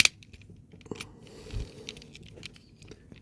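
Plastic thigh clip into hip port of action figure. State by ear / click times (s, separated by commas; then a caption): not seated / none. Someone pushes the small clip on the second plastic thigh of a Transformers Age of the Primes Megatronus "The Fallen" action figure toward the port on the body during transformation. Brief sharp ticks, scrapes and handling rustles are heard, with the loudest ticks at about 0.0, 0.1 and 1.9 seconds. The clip has not snapped into the port yet.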